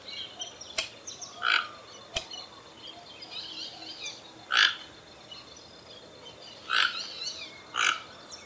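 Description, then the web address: Toco toucan giving a few raspy croaks, spaced apart, with a few sharp clicks and faint bird whistles in the background. "sound Ramphastos-toco. دانلود-صدای-پرنده-توکان-منقاردار"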